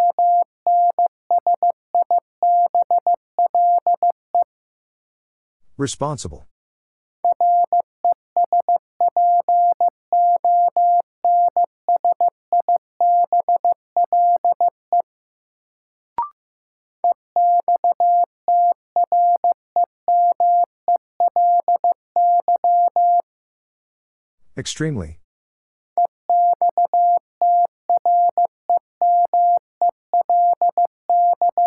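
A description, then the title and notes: A steady mid-pitched tone beeps out a word in Morse code in fast repeating bursts, broken twice by short bright clicks or scrapes. New Word Drill - 15wpm. First, the word is sent in Morse code.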